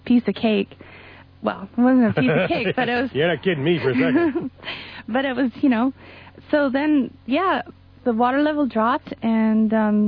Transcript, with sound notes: It was a piece of cake... well, it wasn’t a piece of cake, but it was—
You’re not kidding me for a second. (Laughter)
But it was—you know—so then, yah, the water level dropped, and